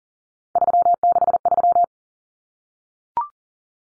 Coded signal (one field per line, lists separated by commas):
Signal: Morse code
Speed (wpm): 40 wpm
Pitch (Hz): 700 Hz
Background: none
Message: 363